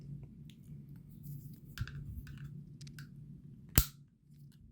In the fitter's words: in until it snaps into that slot as such